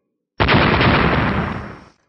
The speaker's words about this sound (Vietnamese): Liên tiếp tiếng nổ rung trời vang lên.